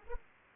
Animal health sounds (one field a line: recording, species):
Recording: mosquito wingbeat signal from an infrared sensor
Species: Anopheles arabiensis